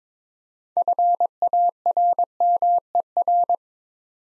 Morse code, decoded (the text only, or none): FARMER